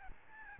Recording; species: mosquito wingbeat signal from an infrared sensor; Aedes albopictus